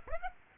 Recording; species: mosquito wingbeat signal from an infrared sensor; Aedes aegypti